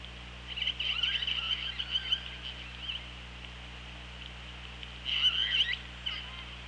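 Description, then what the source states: Orca calls: two bouts of rapid, buzzy pulsed calls with squealing upsweeps, separated by a few seconds of hiss, over a low steady hum. OrcaLab hydrophone, 24 August 2017, 15:37:19.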